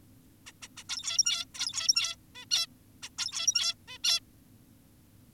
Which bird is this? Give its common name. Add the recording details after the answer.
Zebra Finch. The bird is an adult. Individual g17y2U